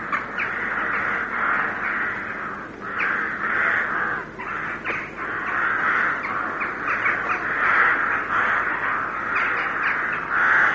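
Carrion crow calling with repeated coarse, throaty caws, irregularly spaced, some short and clipped, others longer and drawn out.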